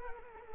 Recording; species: mosquito wingbeat signal from an infrared sensor; Culex quinquefasciatus